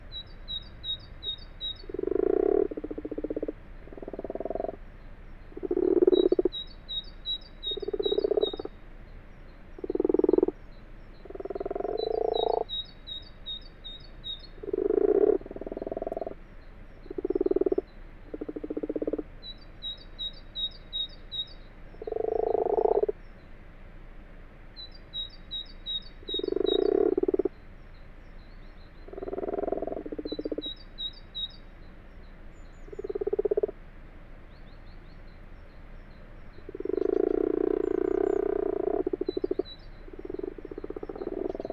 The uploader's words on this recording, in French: Ca roucoule dans le lavoir. Fourcinet - Drôme - Nagra LB - binaural. C'est le pur hasard qui vers 12h00 m'a fait passer près du petit lavoir abandonné mais en eau au milieu d'un champs. Quelle surprise d'entendre en plein jour roucouler les Grenouilles rousses (Rana temporia) , aussitôt bien-sur j'installe mes microphone.